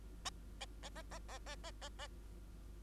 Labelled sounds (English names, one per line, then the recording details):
Bengalese Finch song
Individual Bird2